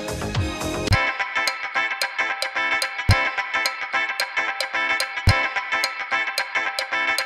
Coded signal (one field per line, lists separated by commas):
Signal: Emergency Alert System (SAME) tones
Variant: header bursts